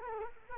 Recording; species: mosquito wingbeat signal from an infrared sensor; Culex quinquefasciatus